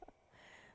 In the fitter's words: I finally got one on so you probably heard that little click there